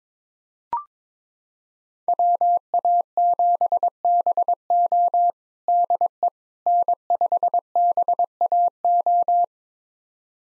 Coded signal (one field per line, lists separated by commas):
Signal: Morse code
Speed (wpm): 22 wpm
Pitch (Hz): 700 Hz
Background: none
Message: WA7BO DE N5BAO